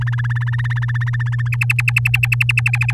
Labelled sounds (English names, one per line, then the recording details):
Domestic Canary song
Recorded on 11 May 2018 at 06:08
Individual llb16